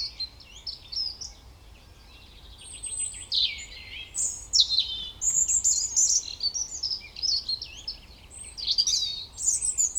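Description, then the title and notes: European robin singing a continuous string of varied phrases with high, slurred whistles, downward sweeps and fast twittering trills, changing pattern every second or two. Koniówka, Lesser Poland, Poland; Zoom F3 recorder with Usi Pro drop rig. "Koniówka, województwo małopolskie, Polska - Robin, King of the Petland. Recordist: Maciej Wirmański"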